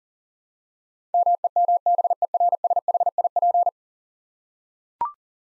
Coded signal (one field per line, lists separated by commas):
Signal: Morse code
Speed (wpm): 37 wpm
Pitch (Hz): 700 Hz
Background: none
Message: MEMBERSHIP